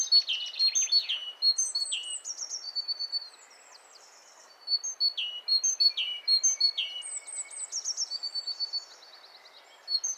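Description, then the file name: Great tit calling in rapid bursts of thin chirps and descending notes, a brief pause near the middle, then more overlapping calls. "Parus major"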